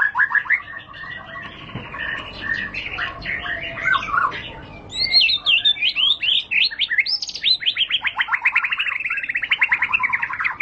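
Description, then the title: White-rumped shama song: varied chirps leading into long rapid trills that rise, then fall, sung continuously. Lure recording (pancingan) of a high-class bird, much sought as a master tutor song for training caged birds. "Pancingan Murai Batu Berkelas Banyak Di Cari Buat Masteran"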